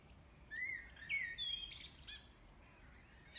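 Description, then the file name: Common blackbird song: a mellow whistled phrase rising and falling, followed by a brief high squeaky twitter, then quiet background hiss. "Amselgesang"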